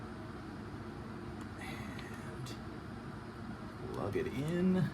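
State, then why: Not seated. An electrical plug connector is picked up and lined up with its socket on a 2012–2015 VW Passat TDI during a power-bleeder brake bleed, with quiet handling rustles over a steady low background hum. Someone talks throughout, and the sound grows louder toward the end, around 4 to 4.8 seconds. The plug has not yet been pushed home, and nothing has seated or clicked.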